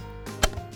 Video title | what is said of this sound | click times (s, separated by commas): EP 16 - A Dream Ride in Ruud's Rare 1949 Hebmüller! | and then I always lean on it okay and you hear click | 0.4 s